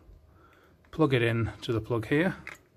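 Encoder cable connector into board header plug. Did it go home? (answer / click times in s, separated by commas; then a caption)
no / none. An encoder cable connector is handled at the matching plug on a circuit board header while someone talks. Nothing has seated or clicked yet; the clip ends just before the connector goes home.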